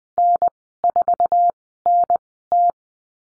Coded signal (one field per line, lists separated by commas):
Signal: Morse code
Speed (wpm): 20 wpm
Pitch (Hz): 700 Hz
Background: none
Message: N4NT